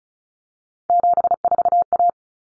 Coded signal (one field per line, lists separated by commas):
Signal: Morse code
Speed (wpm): 34 wpm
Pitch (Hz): 700 Hz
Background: none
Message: 74A